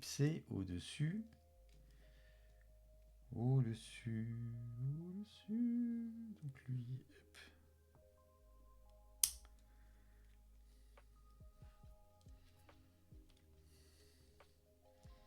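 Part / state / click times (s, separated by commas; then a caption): plastic brick element onto model car assembly / not seated / none. Someone talks while handling a plastic LEGO element and pushing it onto a LEGO Williams FW14B model car assembly, with soft handling noises, a sharp tap near 9.2 s and faint tones underneath. Nothing has seated or clicked into place yet.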